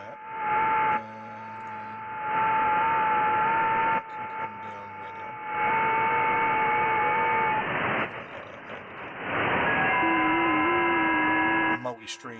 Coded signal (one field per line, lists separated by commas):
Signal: FT8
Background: speech